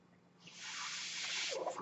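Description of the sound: A steady, rising airflow hiss lasting over a second: a person's own mechanical ventilator delivering a breath.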